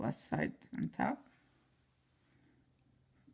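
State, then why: Not seated. Someone talks over the first second while a coin cell battery is flipped plus side up and brought to the holder in a Toyota Camry key fob. The rest is quiet handling with a faint tick near 2.8 s. The cell is not yet pushed home, and nothing has seated or clicked yet.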